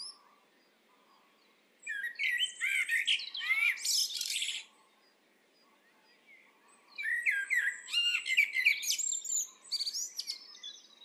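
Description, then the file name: Eurasian blackbird singing two long phrases of mellow whistles and squeaky high twitters, with a quiet gap of about two seconds between them. "Turdus merula"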